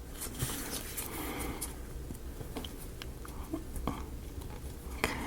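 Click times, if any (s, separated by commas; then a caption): 5.0 s. A small laser-cut wooden part is pressed by hand into its slot in the frame of a ROKR Magic Piano wooden mechanical music box kit. Soft handling rustles and a few light wooden taps lead up to the loudest sharp click at 5.0 s, when the part pops into place and is seated.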